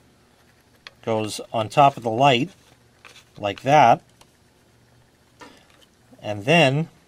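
A microphone mount is being placed into the mount on top of the light while someone talks, with a few small handling taps in the pauses. The clip ends before the mount is pushed fully home, so nothing has seated or clicked yet.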